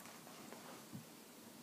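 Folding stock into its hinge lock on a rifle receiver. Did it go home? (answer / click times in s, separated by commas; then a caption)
no / none. After the stock release button is pressed, the folding stock of a Sig 556 rifle is swung over toward its hinge lock on the receiver, heard only as faint, quiet handling noise with a soft low thud around 0.9 s. The stock has not yet snapped into the folded position, and no click is heard.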